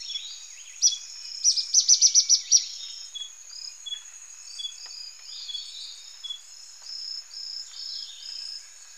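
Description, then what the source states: Ornate flycatcher calls: an opening sharp note, then a fast string of about six high chips, followed by softer scattered bird notes over a steady insect whine. Recorded in Ecuador.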